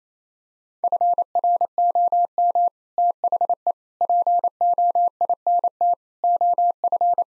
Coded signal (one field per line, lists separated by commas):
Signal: Morse code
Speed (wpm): 28 wpm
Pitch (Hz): 700 Hz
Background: none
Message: FROM THE POINT OF